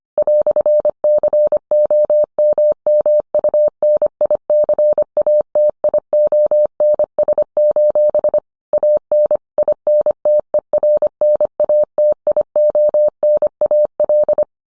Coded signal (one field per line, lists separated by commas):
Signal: Morse code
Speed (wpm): 25 wpm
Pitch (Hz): 600 Hz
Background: none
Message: "COMMUNICATIONS: AN INTERNATIONAL